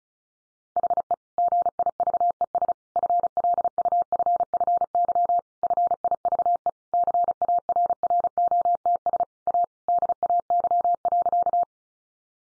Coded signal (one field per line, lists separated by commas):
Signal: Morse code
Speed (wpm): 34 wpm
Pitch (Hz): 700 Hz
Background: none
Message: HE GIVES FLUFFY FIVE CARROTS A DAY.